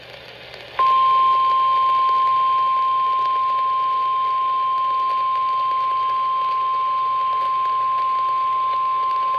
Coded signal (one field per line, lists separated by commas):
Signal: Emergency Alert System (SAME) tones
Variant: 1050 Hz attention tone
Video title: WJWJ CHS FFW | EAS #148